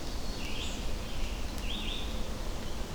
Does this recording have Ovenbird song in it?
no